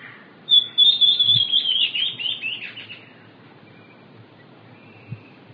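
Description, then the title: Southern chestnut-tailed antbird song: a high, thin series of notes that starts level near a steady pitch, then breaks into slightly falling notes, fading after about two and a half seconds. Nominate subspecies hemimelaena. "LuckyPassaro Completos2Sama. Southern Chestnut-tailed Antbird (Myrmeciza hemimelaena hemimelaena)"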